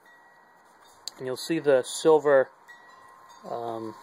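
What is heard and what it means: A headlight bulb socket in the headlamp housing of a 2007 Kia Sedona EX minivan is twisted counterclockwise to unlock it, and it snaps loose with a sharp click at 1.1 s. Someone talks after the click, and the socket is released from the housing.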